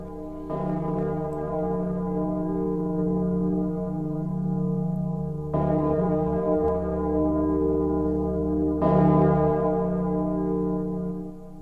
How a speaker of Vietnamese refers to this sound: Chỉ trong một buổi sáng, tiếng chuông vang vọng khắp cả núi rừng. Dân làng nghe tiếng chuông đều tụ họp lại.